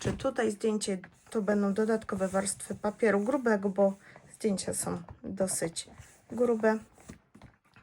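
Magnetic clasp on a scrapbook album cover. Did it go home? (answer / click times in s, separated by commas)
no / none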